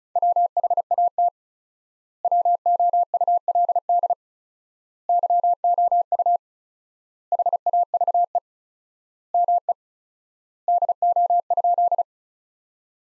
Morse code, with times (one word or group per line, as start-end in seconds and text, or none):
0.2-1.3 WHAT
2.2-4.1 WOULD
5.1-6.4 YOU
7.3-8.4 HAVE
9.3-9.7 ME
10.7-12.0 DO?